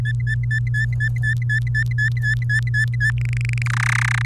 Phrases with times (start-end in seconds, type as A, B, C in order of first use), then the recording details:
0.00-3.11 A, 3.18-3.62 B, 3.65-4.25 C. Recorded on 28 April 2018 at 05:47. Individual llb3